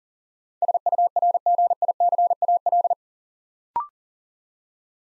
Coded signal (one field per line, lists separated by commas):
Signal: Morse code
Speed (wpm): 38 wpm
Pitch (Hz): 700 Hz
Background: none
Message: SURGICAL